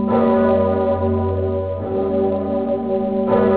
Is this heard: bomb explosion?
no